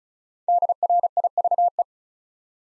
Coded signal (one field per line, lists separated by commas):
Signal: Morse code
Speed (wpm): 36 wpm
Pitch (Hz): 700 Hz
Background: none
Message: DRIVE